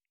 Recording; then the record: hydrophone in a shrimp aquaculture tank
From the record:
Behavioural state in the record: normal